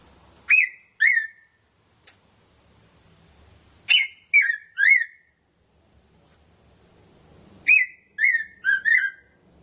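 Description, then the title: Red-throated parrotfinch gives short groups of two to four harmonic, downslurred notes, the groups a few seconds apart. "Erythrura Psittacea"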